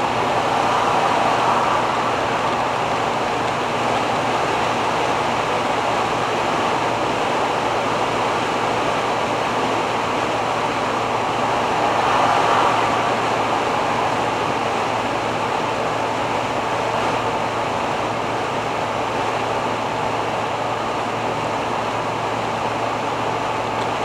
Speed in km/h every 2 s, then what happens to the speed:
104, 104, 105, 103, 103, 102, 103, 101, 102, 101, 102, 101.
0-24 steady at about 102.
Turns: none.